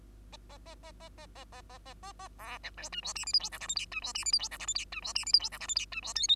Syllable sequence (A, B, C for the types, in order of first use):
A A A A A A A A A A A A B C D E F G H I J K L M N E F G H I J K L M N E F G H I J K L M N E F O P